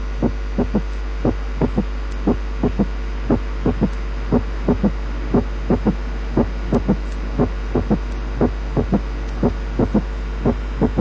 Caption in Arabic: Third heart sound من غير tachycardia.